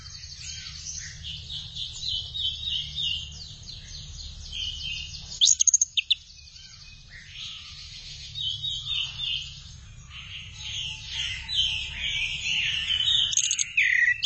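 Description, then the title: Thrush song, bursts of high, fast twittering and warbling with short pauses between phrases, over a low steady hum. "burung anis x"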